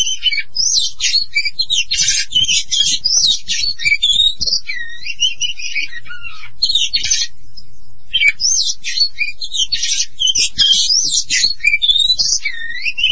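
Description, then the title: Oriental magpie-robin song in dense bursts of rapid scratchy trills and looping whistled phrases, pausing briefly in the middle before resuming with similar buzzy, rolling notes. "Kacer"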